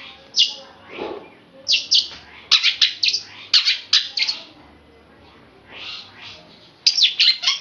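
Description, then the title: Oriental magpie-robin song of high, clipped chirps in short clusters, separated by brief pauses. "Kicau Kacer"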